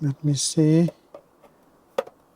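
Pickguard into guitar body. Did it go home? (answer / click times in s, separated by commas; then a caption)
yes / 2.0 s. Someone talks briefly, then a custom copper and acrylic pickguard is pressed into place on a partscaster guitar body, with a faint tap at 1.1 s and a sharp click at 2.0 s followed by a softer one just after. The pickguard clicks into place and is seated.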